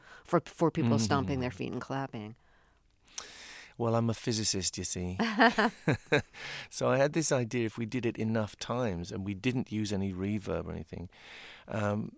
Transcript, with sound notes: four people stomping their feet and clapping?
Well, I'm a physicist, you see.
(LAUGHTER)
So I had this idea if we did it enough times and we didn't use any reverb or anything